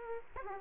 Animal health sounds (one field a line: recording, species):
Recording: mosquito wingbeat signal from an infrared sensor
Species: Aedes aegypti